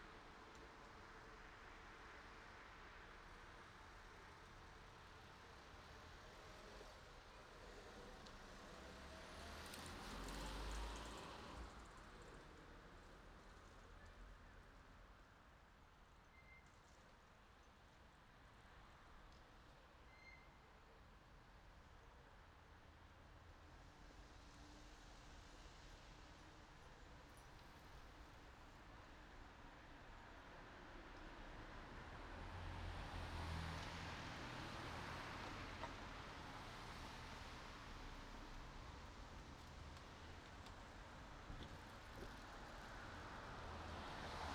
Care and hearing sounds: everyday scene through a hearing-aid microphone; in traffic; traffic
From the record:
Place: city secondary road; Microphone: in the ear canal, right

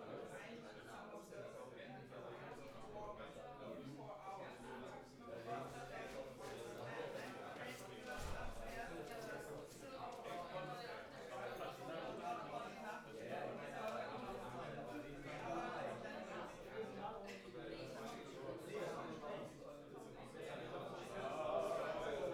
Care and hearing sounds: everyday scene through a hearing-aid microphone; many people talking; many voices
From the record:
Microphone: behind the ear, left, front

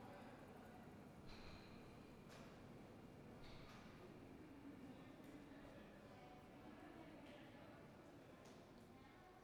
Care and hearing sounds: everyday scene through a hearing-aid microphone; reverberant space; background noise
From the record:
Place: railway station hall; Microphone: behind the ear, right, rear

